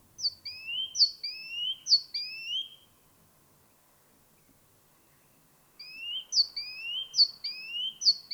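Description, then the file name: Great tit song, bright two-note phrases of a high note dropping to a lower rising note, repeated quickly, two bursts separated by a few seconds of quiet. "Parus major"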